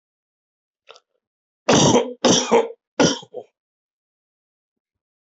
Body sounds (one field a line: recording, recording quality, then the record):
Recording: shallow voluntary cough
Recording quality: excellent, no background noise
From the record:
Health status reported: healthy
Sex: male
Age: 51 years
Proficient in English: yes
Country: India